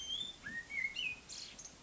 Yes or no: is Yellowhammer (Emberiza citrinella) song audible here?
no